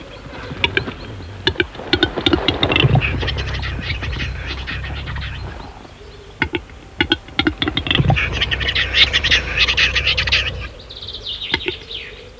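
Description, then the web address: Western capercaillie song: a run of dry clicks speeds up, then turns into rough, hissing grinding. The sequence then repeats. "Capercaillie"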